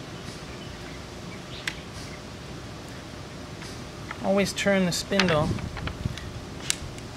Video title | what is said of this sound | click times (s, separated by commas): AGP【TC20 / TC40 / TC402 Tile Core Drill Machine】Product Introduction and Operation | make sure it goes into gear and snap it in place | 6.7 s